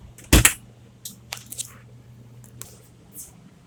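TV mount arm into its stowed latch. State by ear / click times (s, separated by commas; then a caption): seated / 0.3 s. A full-motion TV wall mount in a 2021 Seneca 37L RV is folded back into the corner and pushed until its arm snaps into the stowed latch. A sharp, loud snap lands at 0.3 s, followed by a few fainter clicks and taps over the next few seconds. The arm is seated in its stowed position.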